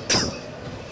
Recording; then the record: coughing mixed with background sound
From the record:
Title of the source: November cold (wet coughing)